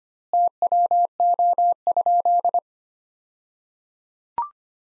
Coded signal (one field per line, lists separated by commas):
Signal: Morse code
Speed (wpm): 25 wpm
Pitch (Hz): 700 Hz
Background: none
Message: TWO?